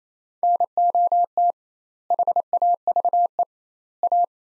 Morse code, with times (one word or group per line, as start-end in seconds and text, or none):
0.4-1.5 NOT
2.1-3.4 HAVE
4.0-4.2 A